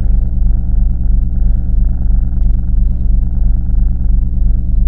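Cat purr, low and rumbling, pulsing very evenly at about three beats per second for the whole stretch.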